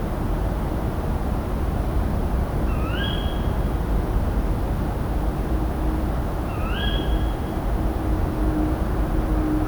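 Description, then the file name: Two short, upward-slurred Tawny owl calls roughly four seconds apart, with a continuous low roar of background noise throughout. "Strix aluco - Tawny Owl"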